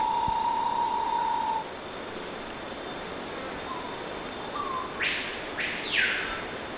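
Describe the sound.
Bahia tapaculo giving the end of a steady, even trill of rapid notes; later a louder, broad sweeping sound over constant background hiss.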